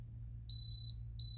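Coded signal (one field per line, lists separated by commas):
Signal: beep code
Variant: Axent smart toilet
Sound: two high-pitched electronic beeps, the second cut off, over a low hum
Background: low electrical hum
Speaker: We'll know that when it gives 2 beeps and when this bowl light stops flashing.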